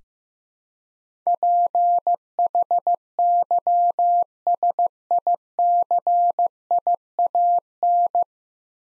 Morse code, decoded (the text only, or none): PHYSICIAN